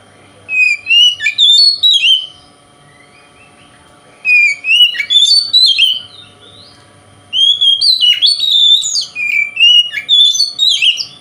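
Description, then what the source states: Oriental magpie-robin singing three bursts of varied whistled and chattering phrases, separated by short silences. Indonesian name kacer; song style called konslet, said to provoke other magpie-robins.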